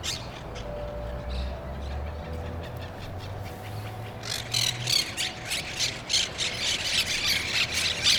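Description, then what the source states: Parrots squawking, quiet at first with a low hum, then dense, harsh, rapid squawks over the second half. Recorded in Brooklyn.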